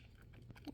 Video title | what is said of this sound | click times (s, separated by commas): RE-assembly of a WARN(er) BRP XL3000 Winch Off a 2011 Can Am 400 XT | okay you heard it click so now that is keyed into the | 0.7 s